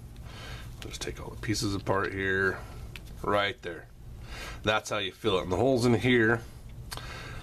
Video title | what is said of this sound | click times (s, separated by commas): EK Review | up on here and it just kind of clicks into place there so you can fill it up on the go I like that option actually | 6.9 s